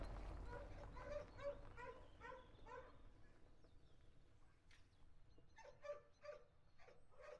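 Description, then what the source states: Dog barks in a rapid series, pausing, then resuming, over a low rumbling background. Dogs recorded together with a car.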